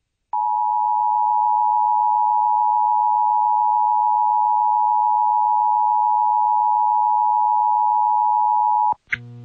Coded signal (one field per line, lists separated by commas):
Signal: Emergency Alert System (SAME) tones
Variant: 853 and 960 Hz attention tone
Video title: EAS PDS Severe Thunderstorm Warning and Dust Storm Downtown El Paso, Texas NOAA Weather Radio